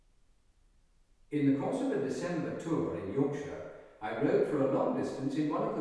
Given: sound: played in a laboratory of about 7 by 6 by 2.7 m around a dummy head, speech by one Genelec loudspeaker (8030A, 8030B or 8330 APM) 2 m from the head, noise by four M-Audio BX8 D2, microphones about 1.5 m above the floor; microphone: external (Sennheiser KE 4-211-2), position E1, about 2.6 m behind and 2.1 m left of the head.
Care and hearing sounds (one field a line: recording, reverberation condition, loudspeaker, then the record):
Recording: male speech in English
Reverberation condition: high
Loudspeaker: 60 degrees to the right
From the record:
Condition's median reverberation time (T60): about 1300 ms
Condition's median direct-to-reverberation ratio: about -4.0 dB